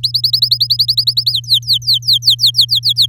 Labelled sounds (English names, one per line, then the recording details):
Domestic Canary song
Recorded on 8 May 2018 at 06:15
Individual llb16